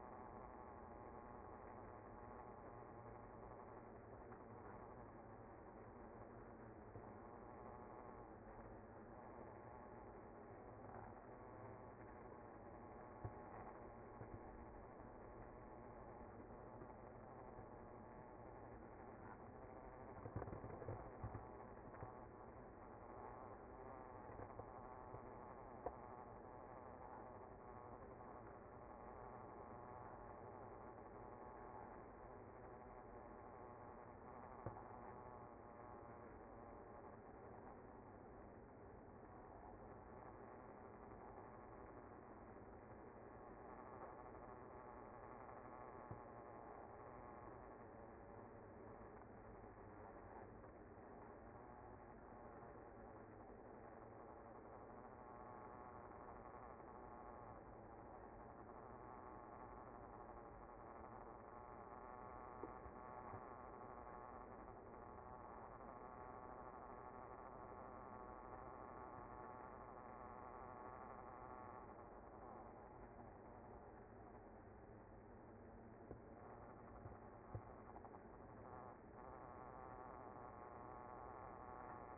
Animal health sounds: honeybee colony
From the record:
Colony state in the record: active

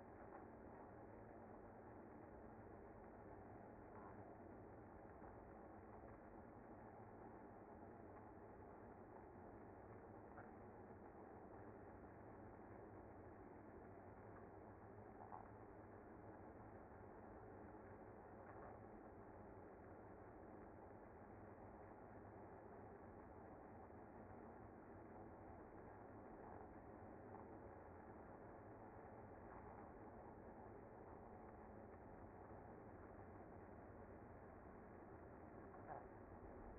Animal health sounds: honeybee colony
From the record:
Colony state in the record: active

